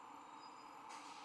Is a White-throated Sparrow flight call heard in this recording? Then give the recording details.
no. No flight call is heard. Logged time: 06:38 on 1 December 2014